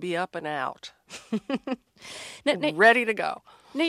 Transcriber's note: laughter